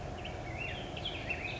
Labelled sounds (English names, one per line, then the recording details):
Black-headed Grosbeak
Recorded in Sonoma County, California